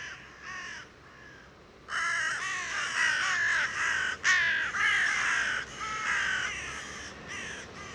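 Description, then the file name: Carrion crow uttering a series of coarse, croaking caws, quiet at first, then loud and rapid. "Corvus corone"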